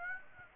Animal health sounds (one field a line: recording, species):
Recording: mosquito wingbeat signal from an infrared sensor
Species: Aedes aegypti